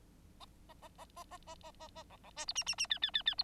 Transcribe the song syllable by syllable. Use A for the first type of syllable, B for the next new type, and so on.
A A A A A A A A A B B C D E E E F F F F D